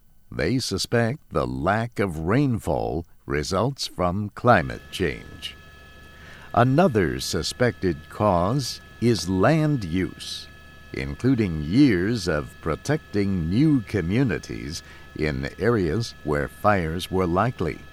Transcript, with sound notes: They suspect the lack of rainfall results from climate change. [Helicopter sound and earth moving equipment] Another suspected cause is land use, including years of protecting new communities in areas where fires were likely.